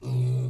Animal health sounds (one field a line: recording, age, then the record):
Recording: pig call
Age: weaner (32 to 43 days)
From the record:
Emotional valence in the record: negative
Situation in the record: short isolation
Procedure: open field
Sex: female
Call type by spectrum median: low-frequency call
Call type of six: low-frequency stable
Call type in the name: low-frequency stable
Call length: 0.49 s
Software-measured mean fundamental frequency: 63 Hz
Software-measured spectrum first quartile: 126 Hz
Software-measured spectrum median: 140 Hz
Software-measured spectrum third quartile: 206 Hz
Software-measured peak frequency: 127 Hz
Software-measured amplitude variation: 52 dB a second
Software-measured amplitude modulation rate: 13.2 a second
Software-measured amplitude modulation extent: 3.9 dB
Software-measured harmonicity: -4.0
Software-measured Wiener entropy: -0.98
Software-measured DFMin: 1475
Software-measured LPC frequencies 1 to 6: 2483, 3967, 4671, 5607, 6387, 7276 Hz